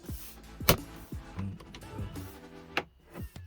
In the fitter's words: clicking is going back into its slots